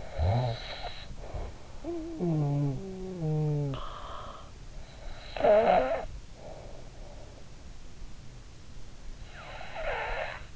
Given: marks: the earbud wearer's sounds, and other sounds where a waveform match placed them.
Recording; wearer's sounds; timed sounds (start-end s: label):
sounds in sleep by an in-ear microphone; snoring breath
0.00-4.62 s: snoring breath
5.18-6.96 s: snoring breath
9.15-10.56 s: snoring breath